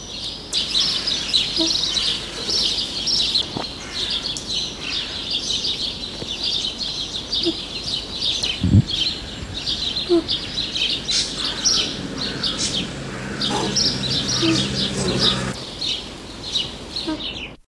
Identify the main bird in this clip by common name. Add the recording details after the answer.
American White Ibis. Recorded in captivity. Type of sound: call. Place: Zoo Hannover, Niedersachsen, DE. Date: 1986-07-04. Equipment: Halbspur, 9,5 cm/s. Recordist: Lütgens, Hans. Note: Rufe